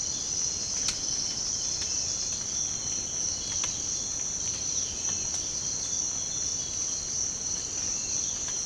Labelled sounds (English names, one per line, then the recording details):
none
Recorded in secondary vegetation near Puerto Asís, Putumayo, Colombia, on 24 March 2025 at 06:00
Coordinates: 0.485, -76.322
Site G040